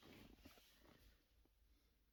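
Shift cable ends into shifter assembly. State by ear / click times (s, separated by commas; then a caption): not seated / none. Shift cable ends are handled as they are started into the shifter assembly of a 2007 Chevy HHR LS 5-speed, with low, muffled rumbling and handling thuds strongest in the first half-second before fading. The cable ends are not yet pushed all the way in, and nothing has seated or clicked yet.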